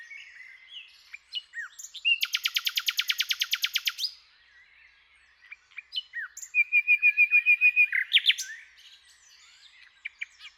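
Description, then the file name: Common nightingale song: a rapid machine-gun trill lasting two seconds, a pause of soft notes, then a second fast repeated phrase. "Luscinia megarhynchos"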